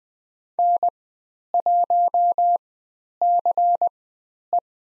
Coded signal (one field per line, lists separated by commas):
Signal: Morse code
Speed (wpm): 20 wpm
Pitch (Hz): 700 Hz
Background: none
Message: N1CE